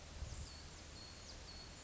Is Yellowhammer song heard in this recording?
no